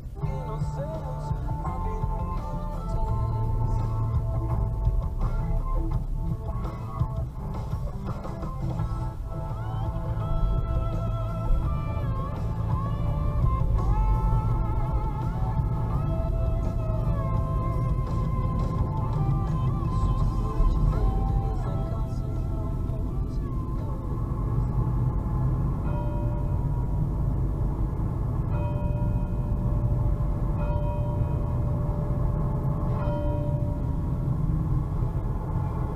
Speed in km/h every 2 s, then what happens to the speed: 0, 0, 0, 0, 0, 0, 20, 27, 31, 31, 33, 35, 35, 35, 33, 33, 29, 24.
0-11 standing. 11-16 pulls away to 31. 16-31 steady at about 33. 31-33 brakes to 24.